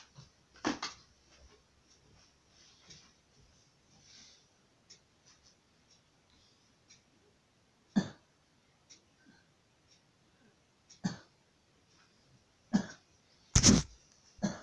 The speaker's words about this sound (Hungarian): Ne köhögjél már szerint. Ne köhögj, minek köhögsz? Nincs értelme neki.